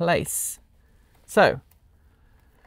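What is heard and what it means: The wire-loop lead from a doughnut current-sensor coil is being fitted to its connector on the new control board of an EV charging station; it has to go in the right way around or it won't snap into place. Someone talks in two short bursts, followed by near silence with only a faint small sound at the very end. The clip ends before the connector goes home, so nothing has seated or clicked yet.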